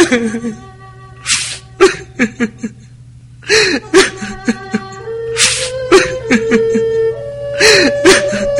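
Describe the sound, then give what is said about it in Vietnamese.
Muffled, broken sobbing heard over a phone comes in uneven bursts of sharp, gasping breaths and soft whimpers, over a steady low hum and faint sustained tones. “Trong điện thoại lại vọng đến tiếng khóc rấm rứt.”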